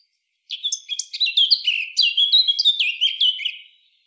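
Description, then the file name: Eurasian blackcap song, a single hurried phrase of twittering, scratchy notes. "Sylvia atricapilla"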